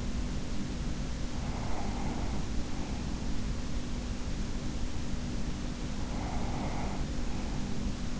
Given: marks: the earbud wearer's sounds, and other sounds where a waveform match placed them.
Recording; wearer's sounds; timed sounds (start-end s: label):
sounds in sleep by an in-ear microphone; breath
1.10-3.30 s: breath
5.85-8.20 s: breath